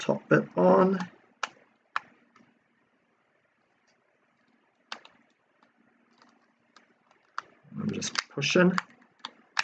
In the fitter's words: pushing it all together snap snap snap you can hear those bits just snapping back into place